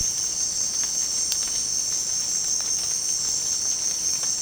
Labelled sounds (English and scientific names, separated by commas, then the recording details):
none
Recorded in secondary vegetation near Puerto Asís, Putumayo, Colombia, on 27 June 2025 at 18:00
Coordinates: 0.484, -76.319
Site G074